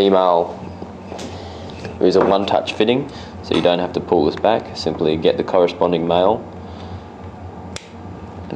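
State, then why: Seated. A male threaded quick-connect plug is pushed into a one-touch female coupler while someone talks. A sharp click at 7.8 s marks the plug seating home in the coupler.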